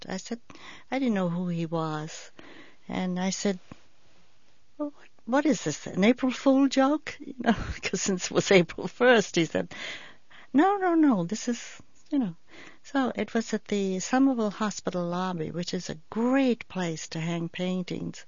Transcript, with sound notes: I said, I didn't know who he was, and I said, "What is this, an April Fool joke?" ( she laughs ) Since it was April 1st. He said, "No, no, no. This is.. ." You know, so it was at the Summerville Hospital lobby, which is a great place to hang paintings.